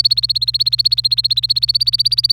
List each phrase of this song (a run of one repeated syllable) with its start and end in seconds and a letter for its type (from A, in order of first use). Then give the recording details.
0.00-2.32 A. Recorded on 26 April 2018 at 06:38. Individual llb3